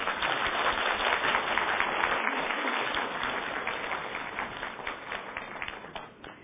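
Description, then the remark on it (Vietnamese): Sustained applause from a Buddhist audience in a hall in Orange County welcoming back a monk who teaches the Dharma, a dense steady patter of many hands clapping at even loudness for several seconds before gradually thinning toward the end. “Thưa quý vị có muốn một tràng pháo tay để chào mừng thầy lại không?”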